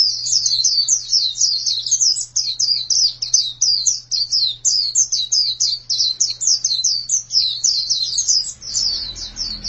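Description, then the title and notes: White-eye song of continuous high, sweet twitters in fast repeated clusters, over a steady low hum with a rumble toward the end. "Suara kicauan burung pleci"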